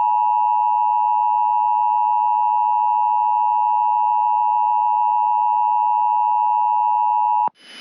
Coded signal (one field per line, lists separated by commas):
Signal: Emergency Alert System (SAME) tones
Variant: 853 and 960 Hz attention tone